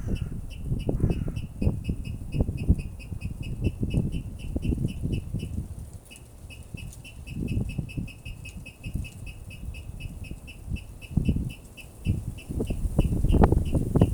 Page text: водяной пастушок, Rallus aquaticus Bремя наблюдения 24-Apr-2022 plkst. 07:27 Administratīvā teritorija Rīga Skaits 1 Статус Поёт